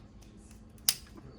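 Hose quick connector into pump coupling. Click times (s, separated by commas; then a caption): 0.9 s. A plastic hose quick connector is pushed into the pump's coupling on a YZ Aircond Cleaning Kit pump and spray, with a few faint ticks before one sharp, bright click at 0.9 s. The connector clicks into the pump and is seated.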